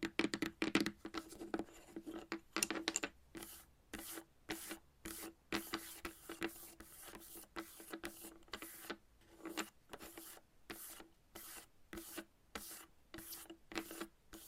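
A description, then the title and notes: Chalk is scratched in quick, regular strokes, about three per second, with a bright rasp and a steady low tone, dry. ASMR Playing With Chalk Asmr Tapping and Scratching No Talking.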